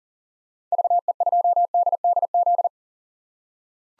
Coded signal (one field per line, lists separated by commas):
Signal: Morse code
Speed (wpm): 39 wpm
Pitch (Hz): 700 Hz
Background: none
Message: VE2DDZ